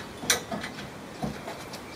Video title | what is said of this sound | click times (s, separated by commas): DIY Kayak Loader / Towbar Support | then you put the second locking pin in to lock into place like i'll show now | 0.3 s